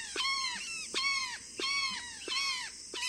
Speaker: We're walking in the Mexican countryside when we hear a chorus of raucous calls. A flock of brown jays has gathered nearby.